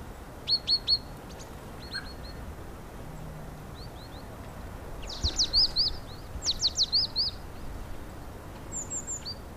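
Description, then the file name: Great tit song: bright, high whistled notes in short repeated bursts, spaced over several seconds, over steady low background noise. "kohlmeise"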